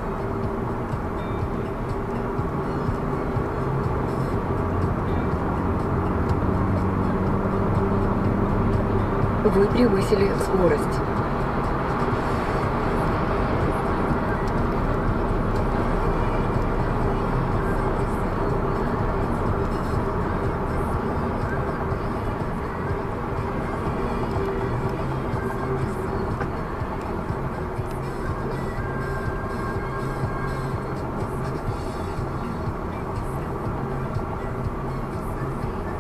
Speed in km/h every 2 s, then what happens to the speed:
92, 98, 104, 111, 117, 120, 121, 118, 115, 111, 106, 102, 91, 86, 84, 85, 84, 83.
0-12 speeds up to 121. 12-26 slows to 86. 26-36 steady at about 84.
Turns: none.